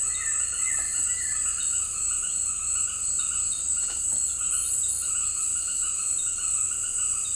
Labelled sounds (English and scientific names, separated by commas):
White-shouldered Antbird (Akletos melanoceps)